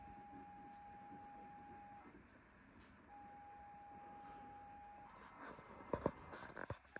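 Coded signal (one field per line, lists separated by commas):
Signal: ZX Spectrum tape loading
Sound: two steady mid-pitched lead tones with a pause, then scratchy noise bursts and clicks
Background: room noise, handling clicks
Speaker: oh is there a loading screen wonder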